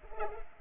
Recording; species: mosquito wingbeat signal from an infrared sensor; Culex pipiens